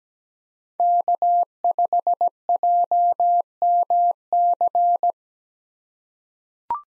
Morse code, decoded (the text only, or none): K5JMC